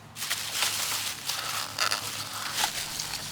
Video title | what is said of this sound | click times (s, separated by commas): Paiseec D3 Ultra Lightweight Mobility Scooter Unboxing & Setup Experience @Paiseec | The seat lifts up and clicks into place. | 1.9 s